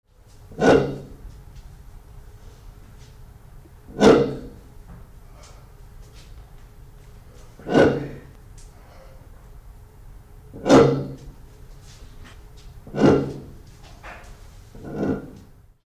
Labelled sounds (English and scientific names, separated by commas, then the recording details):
Kori Bustard (Ardeotis kori)
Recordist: Tembrock, Günter
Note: Lautfolge eines Weibchens